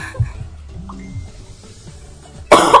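A single sharp, loud cough bursts out at the very end, following a couple of seconds of faint, muffled throat and breathing sounds.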